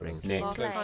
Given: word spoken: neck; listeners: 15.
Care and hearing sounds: one English word in noise, from a listening test; four-talker babble; -1.4 dB; 0 of 15; 11 of 15; 0.44 s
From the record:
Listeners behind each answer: 11, 1, 1, 1, 1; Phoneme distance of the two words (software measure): 10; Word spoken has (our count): 1 syllable, 3 phonemes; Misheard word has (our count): 1 syllable, 3 phonemes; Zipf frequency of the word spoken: 4.65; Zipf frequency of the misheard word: 5.03

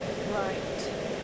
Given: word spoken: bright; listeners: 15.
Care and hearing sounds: one English word in noise, from a listening test; speech-shaped noise; -4.1 dB; 1 of 15; 12 of 15; 0.83 s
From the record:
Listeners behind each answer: 12, 1, 1, 1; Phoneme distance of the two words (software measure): 7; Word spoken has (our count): 1 syllable, 4 phonemes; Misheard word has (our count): 1 syllable, 3 phonemes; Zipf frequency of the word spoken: 4.82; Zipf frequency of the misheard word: 6.36

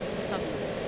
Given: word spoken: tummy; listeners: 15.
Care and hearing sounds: one English word in noise, from a listening test; speech-shaped noise; -6.8 dB; 3 of 15; 6 of 15; 0.49 s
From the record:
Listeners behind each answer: 6, 4, 3, 1, 1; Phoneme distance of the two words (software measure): 17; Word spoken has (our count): 2 syllables, 4 phonemes, stress on syllable 1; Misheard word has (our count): 1 syllable, 3 phonemes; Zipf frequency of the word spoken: 3.93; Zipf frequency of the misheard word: 4.36

